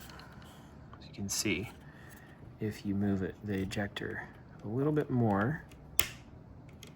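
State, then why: Seated. While a P-07/P-09 pistol is being assembled, the ejector is pressed a little further and the decocker assembly snaps into place in the polymer frame. Someone talks, then a single sharp metallic click is heard at 6.0 s. The decocker is now installed.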